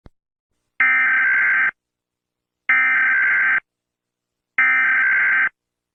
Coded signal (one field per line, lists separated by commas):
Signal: Emergency Alert System (SAME) tones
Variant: header bursts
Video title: Usa Eas (Emergency Alert System) alarm